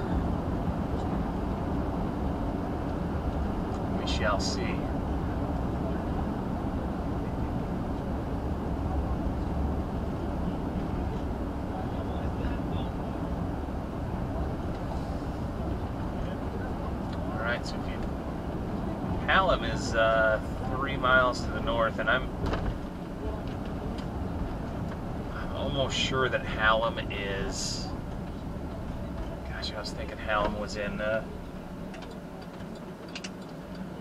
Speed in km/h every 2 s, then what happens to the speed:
82, 82, 77, 74, 71, 69, 69, 71, 71, 69, 63, 60, 56, 47, 32, 18, 6.
3-8 slows to 71. 8-17 steady at about 71. 17-34 brakes to 6.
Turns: none.